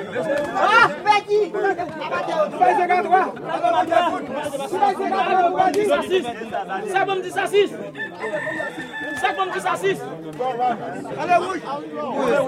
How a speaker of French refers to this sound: Voilà, le combat a commencé et c'est le rouge qui a l'air de gagner, c'est ça? On entend tout le monde crier le rouge, le rouge. Ah oui, le rouge pas favori. Ouais. C'est pourquoi tout le monde appelle le rouge.